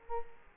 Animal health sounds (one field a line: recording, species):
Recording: mosquito wingbeat signal from an infrared sensor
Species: Culex quinquefasciatus